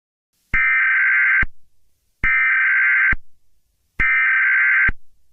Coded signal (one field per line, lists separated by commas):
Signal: Emergency Alert System (SAME) tones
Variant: header bursts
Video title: Eas scenario - something bad will happen soon PART 1